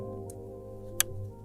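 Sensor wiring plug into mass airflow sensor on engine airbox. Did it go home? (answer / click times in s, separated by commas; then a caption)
yes / 1.0 s. The wiring plug is pushed onto the mass airflow sensor on the engine airbox of a Mercedes C63 AMG (W204) with the M156 6.2L V8, during an air filter replacement/upgrade. A sharp, bright click at 1.0 s confirms the connector is seated, with a fainter tick at 0.3 s. Steady tonal music plays in the background throughout.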